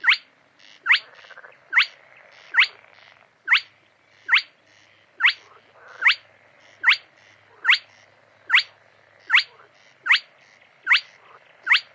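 Bird giving loud, sharp rising whistled notes repeated steadily a little faster than once per second, with a faint buzzy background between notes.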